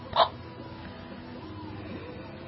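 One sharp, brief hiccup at the start from an adult woman, then quiet room noise; an isolated involuntary hiccup, one of a bout of hiccups that already sound tired.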